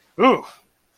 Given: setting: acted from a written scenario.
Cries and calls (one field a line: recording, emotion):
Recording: vocal sound without words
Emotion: disgust